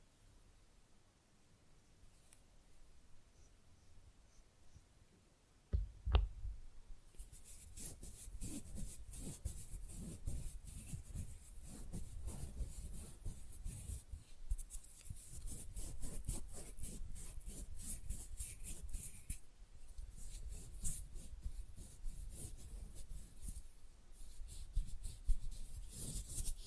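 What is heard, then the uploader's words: Fast, rough nail filing: after about six seconds of near quiet and a single sharp tap, a dense scratchy rasp starts and runs to the end in quick, regular strokes. A brief pause near nineteen seconds interrupts the hissy, bright scraping. ASMR Manicure Session Fast & Rough Nail Filing + Tapping (No Talking).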